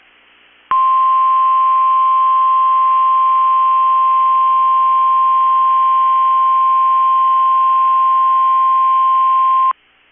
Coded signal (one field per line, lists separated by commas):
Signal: Emergency Alert System (SAME) tones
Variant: 1050 Hz attention tone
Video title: Minnesota/Wisconsin Statewide Tornado Drill (EAS #1107)